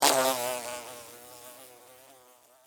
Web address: Blastwave. Bee, Fly, By, Wings, Buzz, Take, Off, Insect, Bug